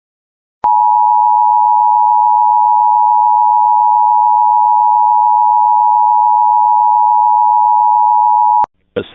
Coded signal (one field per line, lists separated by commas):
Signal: Emergency Alert System (SAME) tones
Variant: 853 and 960 Hz attention tone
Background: speech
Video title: RARE EAS Shelter In place Warning